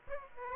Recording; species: mosquito wingbeat signal from an infrared sensor; Aedes aegypti